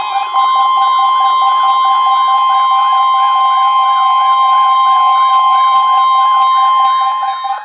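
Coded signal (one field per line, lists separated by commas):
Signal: Emergency Alert System (SAME) tones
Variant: 1050 Hz attention tone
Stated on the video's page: Tornado drill issued as a Required Monthly Test.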